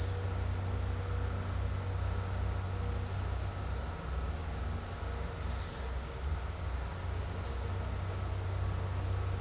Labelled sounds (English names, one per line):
none